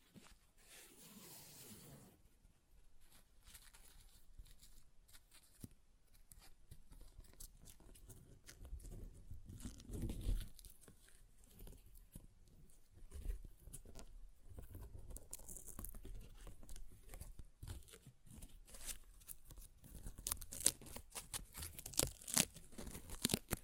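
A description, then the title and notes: Paper is ripped and crumpled in a busy, irregular stream of crackling and rustling that runs the whole length. Short sharp tears and rips punctuate it, with a heavier low rip near ten seconds, and the crackle grows louder and brighter toward the end. ASMR Paper Ripping Tearing Sounds (No Talking).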